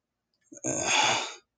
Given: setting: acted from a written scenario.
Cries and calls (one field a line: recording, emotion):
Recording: vocal sound without words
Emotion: contempt